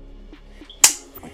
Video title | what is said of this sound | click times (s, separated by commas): DROGEN Puzzle 230XG Goblin -Frame Assembly Tutorial - RANDOM FPV | like that you're a nice click | 0.8 s